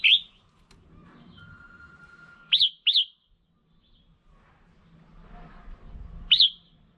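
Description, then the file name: Red-whiskered bulbul: bright chirps, singly and as a quick pair, with a faint steady tone in between. Female bird. "Tieng chao mao mai"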